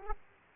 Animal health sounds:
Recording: mosquito wingbeat signal from an infrared sensor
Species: Aedes aegypti

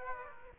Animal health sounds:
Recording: mosquito wingbeat signal from an infrared sensor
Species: Aedes aegypti

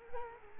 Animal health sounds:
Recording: mosquito wingbeat signal from an infrared sensor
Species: Culex quinquefasciatus

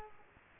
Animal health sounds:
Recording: mosquito wingbeat signal from an infrared sensor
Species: Culex quinquefasciatus

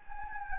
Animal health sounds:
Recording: mosquito wingbeat signal from an infrared sensor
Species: Anopheles gambiae

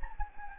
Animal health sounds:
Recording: mosquito wingbeat signal from an infrared sensor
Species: Anopheles gambiae

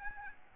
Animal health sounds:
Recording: mosquito wingbeat signal from an infrared sensor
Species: Aedes albopictus

